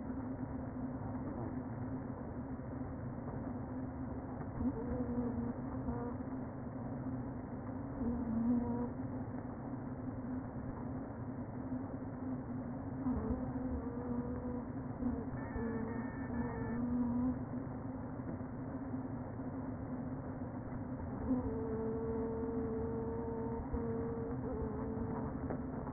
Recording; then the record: honeybee colony, microphone inside the hive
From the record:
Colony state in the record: queen present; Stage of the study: before two queens were removed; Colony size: about 60,000 bees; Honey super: yes